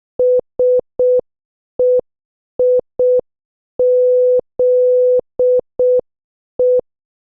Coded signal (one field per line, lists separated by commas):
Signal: Morse code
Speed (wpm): 6 wpm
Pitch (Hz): 500 Hz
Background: none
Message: SEIZE